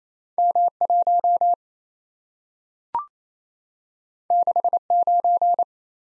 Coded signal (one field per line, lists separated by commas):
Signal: Morse code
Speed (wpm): 27 wpm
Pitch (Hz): 700 Hz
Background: none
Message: M1 69